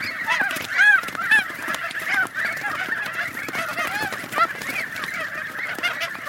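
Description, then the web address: Goose: geese honking in a dense flock, overlapping nasal calls repeated rapidly, with several louder honks standing out over the constant chorus. "гуси"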